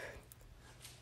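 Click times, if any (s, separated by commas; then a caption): 0.3 s. A click-type torque wrench is turned clockwise on a wheel lug nut until it breaks over at the preset foot-pounds. A sharp metallic click sounds at 0.3 s, followed by a softer hit at 0.8 s, showing the wrench has reached its set torque.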